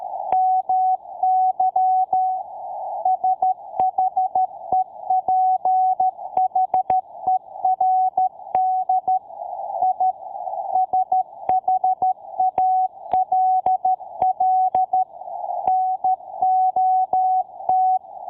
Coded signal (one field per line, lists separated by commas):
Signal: Morse code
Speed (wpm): 13 wpm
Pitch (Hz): 750 Hz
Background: none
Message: MY SHEPHERD I SHALL NOT